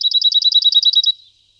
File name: Zigolo nero